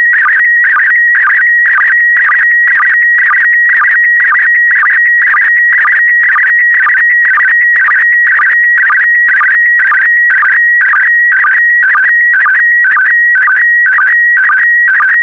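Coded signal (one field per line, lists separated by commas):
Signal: SSTV (slow-scan television)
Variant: PD120 mode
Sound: steady whistling tone with rapid warbles and regular low chirps about twice a second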